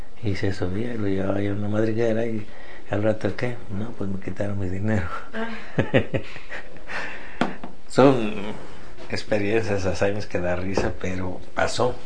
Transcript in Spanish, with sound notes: Y se subía y lo llevaba allá a una madriguera y al rato: “¿Qué?”. “No, pos me quitaron mi dinero”.
Ah. (risas)
Son experiencias, hazañas que da risa, pero pasó.